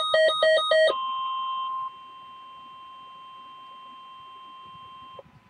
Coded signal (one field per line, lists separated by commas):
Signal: Emergency Alert System (SAME) tones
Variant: 1050 Hz attention tone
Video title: Severe Thunderstorm Warning (EAS Alert #1004)